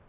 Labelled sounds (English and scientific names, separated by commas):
Lucy's Warbler (Leiothlypis luciae) flight call